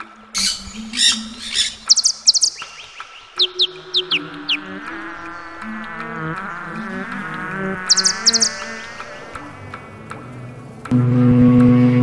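Bird calls: bursts of high chirps and quick descending whistled notes scattered through, over a busy mix of lower tonal sounds, ending in a loud steady hum.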